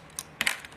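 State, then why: Seated. A plastic toy missile is pushed into the rocket launcher pod of a Mega Bloks Halo Covert Ops Wolverine building-block vehicle. A faint plastic tick at 0.2 s is followed by sharp, bright clicks at 0.4 s and 0.5 s, then a soft tap near 0.6 s. The missile seats with a distinct click at 0.5 s.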